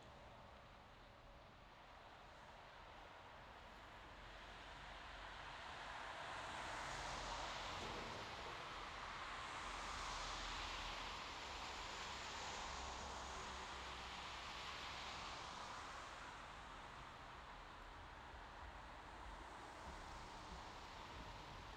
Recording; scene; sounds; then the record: everyday scene through a hearing-aid microphone; in traffic; traffic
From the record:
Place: bus stop on a city main road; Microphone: in the ear canal, left